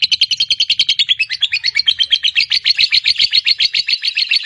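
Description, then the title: Lovebird ngekek song: a long unbroken run of fast, harsh chattering notes, steady in pitch throughout. Fighter lovebird performing a long ngekek, a drawn-out chattering song. "Begitu Dengar Suara Lovebird FIGHTER NGEKEK PANJANG"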